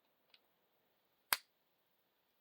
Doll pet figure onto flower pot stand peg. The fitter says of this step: clicks into place has a little like Audrey 2 looking bulb as a tail